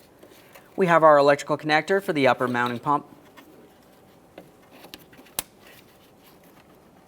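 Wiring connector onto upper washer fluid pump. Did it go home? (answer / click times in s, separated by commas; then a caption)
yes / 5.4 s. On a 2011-2021 Jeep Grand Cherokee, an electrical wiring connector is slid onto the upper washer fluid pump during a windshield washer reservoir replacement. Someone talks for the first three seconds. After a few faint ticks, the connector clicks in and seats with a sharp click at 5.4 seconds.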